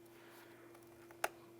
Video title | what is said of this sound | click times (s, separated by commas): How to Replace Radiator 2011-2019 Ford Fiesta | press that on so you hear it click and then press the safety lock down into place | 1.2 s